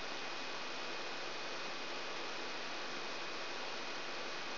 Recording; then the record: brain microelectrode recording played as sound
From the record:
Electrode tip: outside the subthalamic nucleus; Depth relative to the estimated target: -8 mm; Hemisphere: right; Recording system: AlphaMap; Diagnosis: Parkinson's disease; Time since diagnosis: 9 years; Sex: female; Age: 63 years